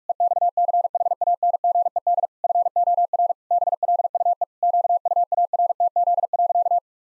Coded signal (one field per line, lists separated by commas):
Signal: Morse code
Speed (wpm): 41 wpm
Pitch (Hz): 700 Hz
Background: none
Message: EXCHANGED FOR BLUE QUARTZ.